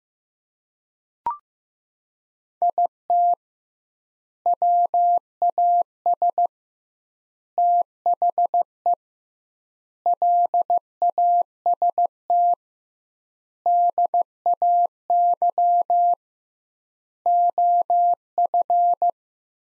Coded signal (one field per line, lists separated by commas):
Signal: Morse code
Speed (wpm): 15 wpm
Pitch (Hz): 700 Hz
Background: none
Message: IT WAS THE LAST DAY OF